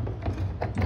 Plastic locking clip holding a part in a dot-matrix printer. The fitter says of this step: sudah terkunci ya Nah